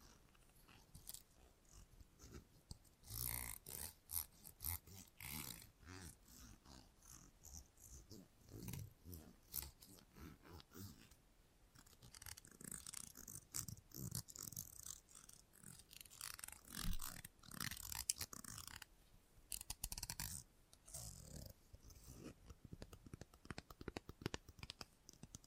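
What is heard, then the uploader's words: Salon haircut sounds with a busy, irregular stream of crisp snips and rustling against hair, coming in quick uneven bursts throughout. A few louder, sharper clusters stand out around the third second and again near seventeen to nineteen seconds, with soft murmuring underneath. Salon Haircut Head Massage, Scissors and Clipper.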